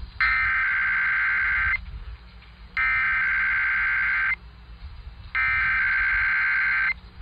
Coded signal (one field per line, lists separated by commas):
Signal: Emergency Alert System (SAME) tones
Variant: header bursts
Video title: Father's Day Required Weekly Test on KDKA-AM #42 || 6/19/22 (EAS # 1122-1124)